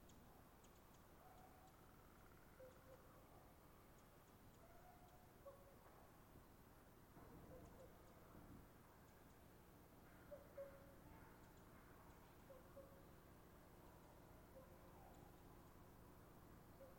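Crows call now and then over a steady low rumble, their short caws scattered through the clip, with a sharper burst around the ten-second mark. From about nine seconds a low steady hum joins in, while faint ticking sounds come and go.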